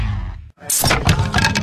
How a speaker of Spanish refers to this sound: Rompiste el borde de la mesa, pero había sed de Brahma.